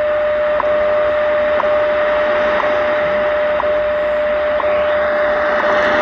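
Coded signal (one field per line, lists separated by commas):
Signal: radio time signal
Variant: WWV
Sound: steady mid-pitched tone with a short click each second, six clicks, under hiss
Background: radio static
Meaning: Each tick marks one second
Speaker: so this is a wwv time signal on 15 megahertz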